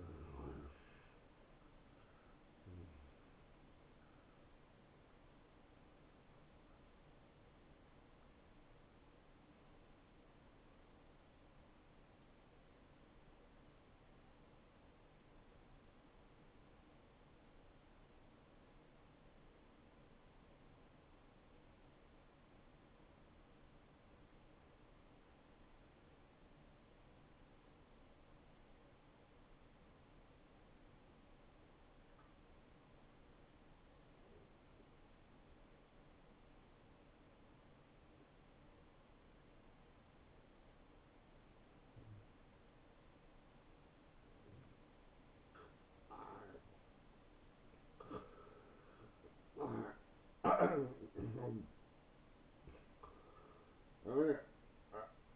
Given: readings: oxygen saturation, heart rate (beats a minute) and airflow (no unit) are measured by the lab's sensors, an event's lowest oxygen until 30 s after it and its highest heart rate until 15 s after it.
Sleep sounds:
breathing in sleep by a voice recorder at the bedside; 1
11.00-46.30 s: obstructive apnea (N1, oxygen 95% highest, then 87% lowest)
From the record:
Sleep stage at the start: N1 (lightest sleep); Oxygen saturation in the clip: 84 to 95%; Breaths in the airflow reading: 5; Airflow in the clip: -6.3 to 8.5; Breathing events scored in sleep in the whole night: 263 in 5.5 hours asleep

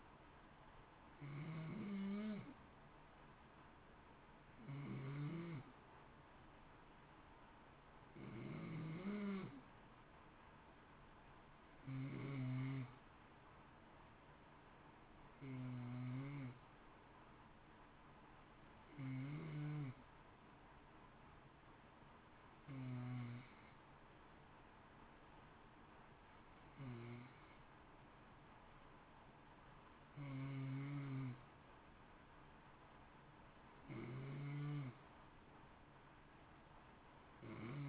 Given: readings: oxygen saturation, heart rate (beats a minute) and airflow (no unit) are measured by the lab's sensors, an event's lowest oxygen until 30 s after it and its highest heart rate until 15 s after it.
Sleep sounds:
breathing in sleep by a voice recorder at the bedside; none
none scored
From the record:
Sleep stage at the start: N2 (light sleep); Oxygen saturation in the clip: 90 to 91%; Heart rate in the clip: 55 to 58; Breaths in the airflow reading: 12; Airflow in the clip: -0.7 to 0.8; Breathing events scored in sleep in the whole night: 328 in 6.3 hours asleep

